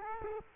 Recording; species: mosquito wingbeat signal from an infrared sensor; Culex quinquefasciatus